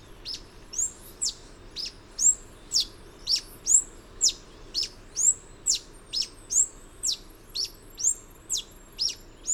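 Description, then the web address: Yellow-throated bush tanager singing a long run of high, sharp, slurred notes. Ecuador, South America. "Natures Songs S America Birds of Ecuador. Yellow-Throated Bush-Tanager"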